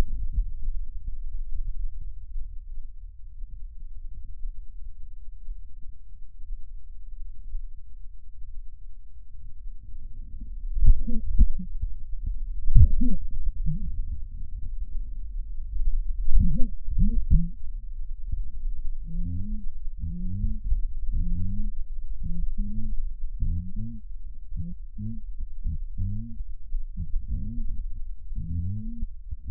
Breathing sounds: lung sounds by stethoscope; right posterior basal chest; quiet breathing, then cough and speech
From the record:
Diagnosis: COPD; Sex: female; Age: 68 years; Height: 150 cm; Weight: 70 kg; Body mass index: 31.1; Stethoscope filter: bell mode

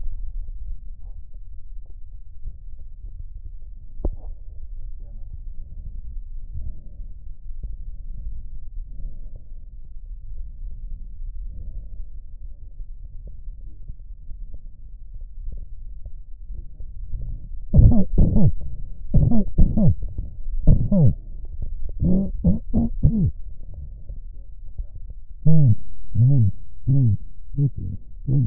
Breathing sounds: lung sounds by stethoscope; right posterior apical chest; quiet breathing, then cough and speech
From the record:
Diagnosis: COPD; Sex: male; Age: 70 years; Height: 170 cm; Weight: 74 kg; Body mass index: 25.6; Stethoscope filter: extended mode

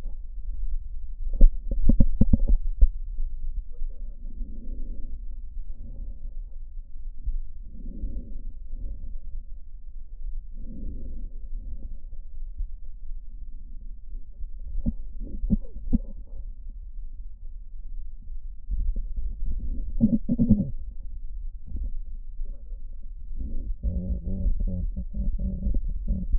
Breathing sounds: lung sounds by stethoscope; left posterior apical chest; quiet breathing, then cough and speech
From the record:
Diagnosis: COPD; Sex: female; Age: 72 years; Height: 156 cm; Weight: 72 kg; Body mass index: 29.6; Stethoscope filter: diaphragm mode

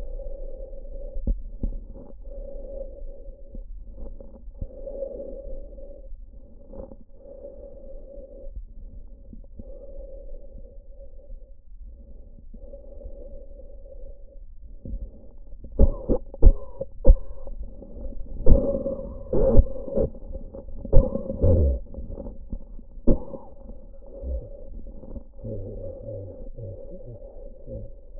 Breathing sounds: lung sounds by stethoscope; trachea; quiet breathing, then cough and speech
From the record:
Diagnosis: pulmonary infection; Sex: male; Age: 69 years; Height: 184 cm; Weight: 115 kg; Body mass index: 34.0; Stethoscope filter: diaphragm mode

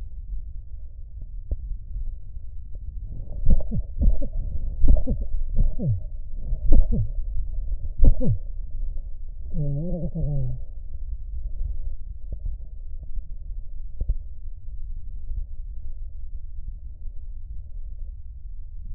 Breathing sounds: lung sounds by stethoscope; right posterior basal chest; quiet breathing, then cough and speech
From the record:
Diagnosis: COPD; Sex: male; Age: 72 years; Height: 172 cm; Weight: 58.6 kg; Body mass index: 19.8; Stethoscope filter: extended mode

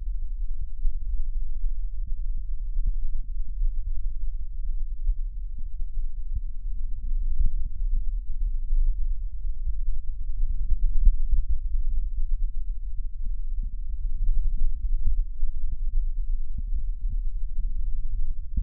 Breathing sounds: lung sounds by stethoscope; right anterior apical chest; quiet breathing, then deep breathing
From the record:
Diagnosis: interstitial lung disease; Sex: male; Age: 65 years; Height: 161 cm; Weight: 74.6 kg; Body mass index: 28.8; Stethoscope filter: bell mode

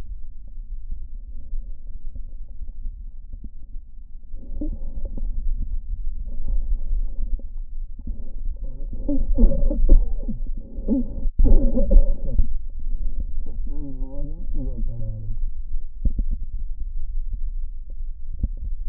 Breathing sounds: lung sounds by stethoscope; left anterior apical chest; quiet breathing, then cough and speech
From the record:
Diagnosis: interstitial lung disease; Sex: male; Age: 75 years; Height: 167 cm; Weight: 68 kg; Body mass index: 24.4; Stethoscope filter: diaphragm mode

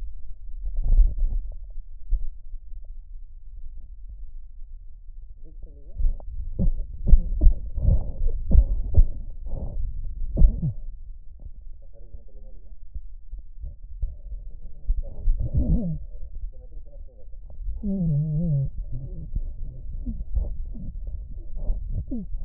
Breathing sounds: lung sounds by stethoscope; right posterior basal chest; quiet breathing, then cough and speech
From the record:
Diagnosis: interstitial lung disease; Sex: male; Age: 82 years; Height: 158 cm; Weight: 49 kg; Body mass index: 19.6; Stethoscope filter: extended mode

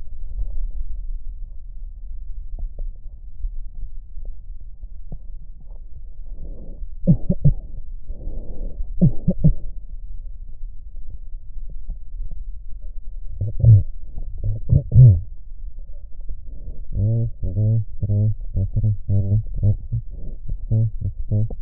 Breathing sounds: lung sounds by stethoscope; left posterior basal chest; quiet breathing, then cough and speech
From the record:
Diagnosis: none (healthy); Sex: male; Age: 29 years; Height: 180 cm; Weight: 100 kg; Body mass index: 30.9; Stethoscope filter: extended mode

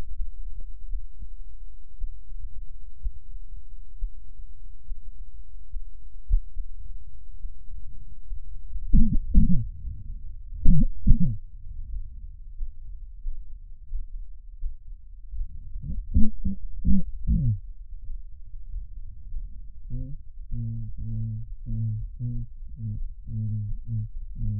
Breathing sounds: lung sounds by stethoscope; left posterior apical chest; quiet breathing, then cough and speech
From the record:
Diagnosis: none (healthy); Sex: male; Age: 30 years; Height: 190 cm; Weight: 88 kg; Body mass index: 24.4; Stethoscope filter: bell mode

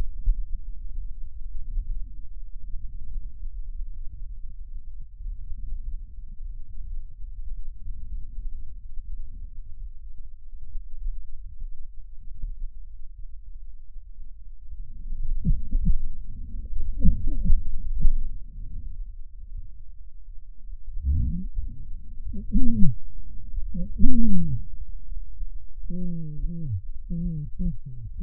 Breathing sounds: lung sounds by stethoscope; left posterior basal chest; quiet breathing, then cough and speech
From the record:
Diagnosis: COPD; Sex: male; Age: 75 years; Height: 182 cm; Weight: 98 kg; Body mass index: 29.6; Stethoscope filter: bell mode

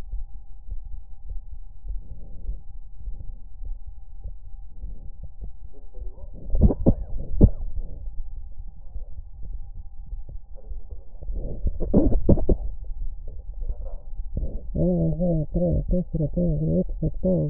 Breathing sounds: lung sounds by stethoscope; left anterior apical chest; quiet breathing, then cough and speech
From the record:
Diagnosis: interstitial lung disease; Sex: female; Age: 70 years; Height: 160 cm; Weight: 93 kg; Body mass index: 36.3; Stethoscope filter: extended mode

